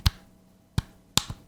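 A resin-printed top cap is pressed onto a heater housing over the heating element. Sharp clicks sound at about 0.1 and 0.8 seconds, then the loudest snap comes at 1.2 seconds, followed by a faint tick. The cap seats into a perfect press fit at 1.2 seconds.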